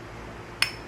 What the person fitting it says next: May nagki-click